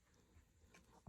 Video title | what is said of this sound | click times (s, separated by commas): Dunlop Strap Lock Install/Modification on my Dingwall 6 String Combustion 3 Bass | Here we go. You're going to hear a little click. | 1.1 s